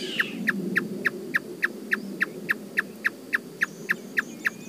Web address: sound Marsh-tapaculo. صدای-پرنده-تپلک-ماندابی